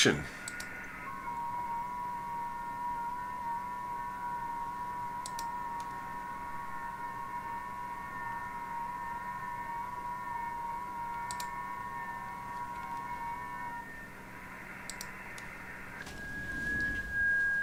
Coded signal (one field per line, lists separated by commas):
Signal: FT8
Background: speech